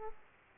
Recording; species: mosquito wingbeat signal from an infrared sensor; Aedes aegypti